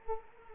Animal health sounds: mosquito wingbeat signal from an infrared sensor; Culex quinquefasciatus

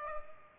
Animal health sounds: mosquito wingbeat signal from an infrared sensor; Culex pipiens

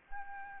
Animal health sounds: mosquito wingbeat signal from an infrared sensor; Aedes albopictus

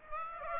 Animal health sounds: mosquito wingbeat signal from an infrared sensor; Aedes aegypti

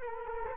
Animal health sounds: mosquito wingbeat signal from an infrared sensor; Culex quinquefasciatus

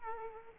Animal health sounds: mosquito wingbeat signal from an infrared sensor; Aedes aegypti

